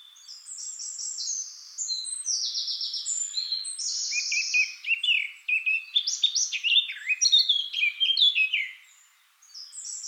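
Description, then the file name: Eurasian blackcap song, a rapid run of varied chattering and warbled notes, some buzzy, pausing briefly before a final burst. "Sylvia atricapilla"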